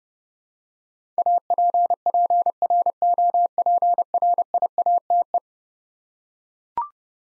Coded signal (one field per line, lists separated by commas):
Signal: Morse code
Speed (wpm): 30 wpm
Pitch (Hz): 700 Hz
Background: none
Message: APPROPRIATE